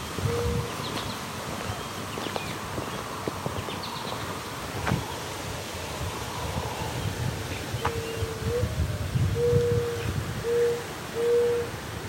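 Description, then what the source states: Mourning Dove coos, a single low note early, then a run of four hollow notes near the end, over rustling and a few faint chirps. Heard cooing loudly during a walk.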